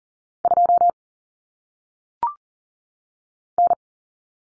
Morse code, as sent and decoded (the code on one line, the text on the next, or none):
..--- / -.
2 N